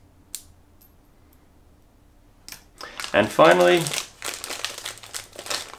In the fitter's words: to close simply slide it forward and you should hear an audible click and finally